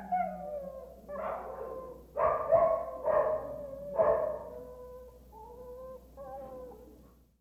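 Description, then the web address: Dog howling and whining in drawn-out tonal wails, broken by a few louder, hoarse yelps near the middle, then fading whines. Dog kennel in the countryside. "Auf dem Land hundezwinger"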